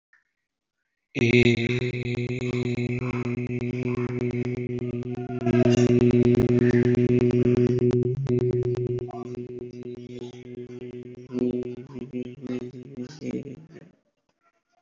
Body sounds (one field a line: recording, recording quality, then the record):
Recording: sustained vowel as in made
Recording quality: excellent, no background noise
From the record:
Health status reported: exposed to COVID-19, no respiratory illness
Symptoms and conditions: none ticked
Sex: male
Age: 22 years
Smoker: not ticked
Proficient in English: yes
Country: India